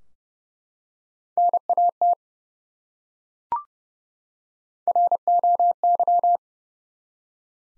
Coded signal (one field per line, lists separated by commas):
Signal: Morse code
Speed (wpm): 31 wpm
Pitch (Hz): 700 Hz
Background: none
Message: NAT ROY